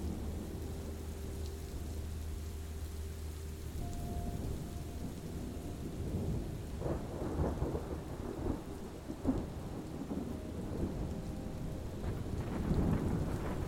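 Steady rain and low rumbling thunder fill the scene, with a soft sustained tone early on and thicker gusts of rain after six seconds.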